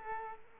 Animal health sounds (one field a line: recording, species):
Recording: mosquito wingbeat signal from an infrared sensor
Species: Culex quinquefasciatus